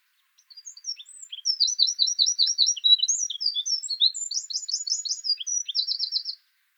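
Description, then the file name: Eurasian wren song: an explosive string of piercing notes, trills and flourishes lasting about six seconds, ending in a quick even trill. "Troglodytes troglodytes"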